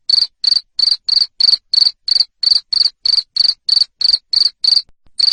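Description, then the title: Cricket producing rapid, piercing chirps about three each second, stopping briefly near the end before one more chirp. Loud cricket chirping played to stimulate lovebirds to keep singing. "Suara JANGKRIK NGERIK Keras Bikin LOVEBIRD Jadi NGEKEK Terus"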